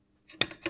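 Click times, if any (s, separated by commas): 0.4 s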